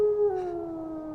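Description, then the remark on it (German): A hound on a moor lets out a single long, mournful howl, a sustained mid-pitched note that slowly sinks lower as it holds, steady and moderately loud with no voices over it. “Es ist natürlich der Hund der Baskervilles. Für heute habe ich genug von dem verfluchten Moor.”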